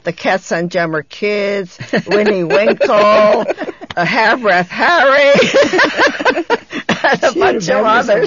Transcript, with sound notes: The Katzen Jammer Kids, Winnie Winkle, Have Wrath Harry. ( they laugh ) And a bunch of others.